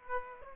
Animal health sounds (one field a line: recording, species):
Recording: mosquito wingbeat signal from an infrared sensor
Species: Aedes aegypti